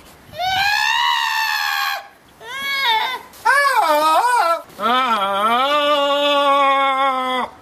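Goat bleating: four harsh, quavering bleats in a row, the middle ones wavering up and down in pitch and the last long and drawn out.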